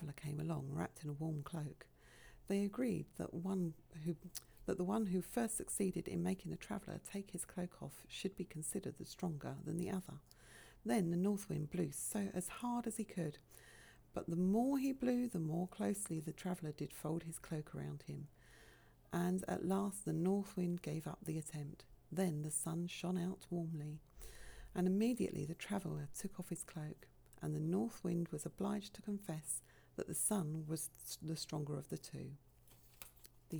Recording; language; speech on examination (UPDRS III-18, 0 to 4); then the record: text read into a phone; English; 0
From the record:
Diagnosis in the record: healthy control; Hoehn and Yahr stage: 0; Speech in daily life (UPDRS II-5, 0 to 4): 0